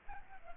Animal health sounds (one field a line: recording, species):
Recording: mosquito wingbeat signal from an infrared sensor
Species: Culex pipiens